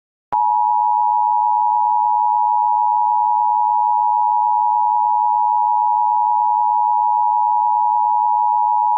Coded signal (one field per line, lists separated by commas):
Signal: Emergency Alert System (SAME) tones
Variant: 853 and 960 Hz attention tone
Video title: Eas scenario 2: California Activity